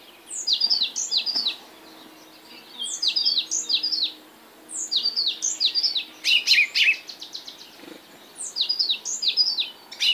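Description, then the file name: African blue tit song: phrases of three or four high, bright downslurred notes repeated roughly every two to three seconds, broken once by a rapid dry rattle. Subspecies teneriffae. "Fernand DEROUSSEN - Afrikanskaya lazorevka Cyanistes caeruleus teneriffae"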